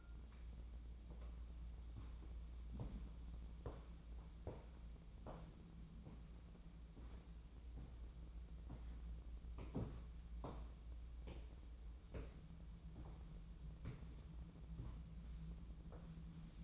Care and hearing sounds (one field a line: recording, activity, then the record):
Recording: daily activity, microphone in the room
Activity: walk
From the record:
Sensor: 1